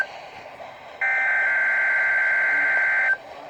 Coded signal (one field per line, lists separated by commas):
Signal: Emergency Alert System (SAME) tones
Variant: header bursts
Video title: Required Weekly Test - 03/19/2020 (EAS #298)